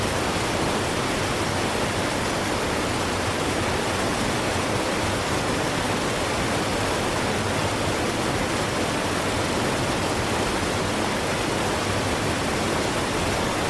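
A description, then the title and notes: A waterfall pours in a steady, unbroken roar that fills everything from deep rumble to bright hiss. The rush holds the same level throughout, with no distinct splashes or other sounds standing out. It sounds close and all-enveloping. Waterfall Sound For Sleeping, Relaxation, Stress Relief.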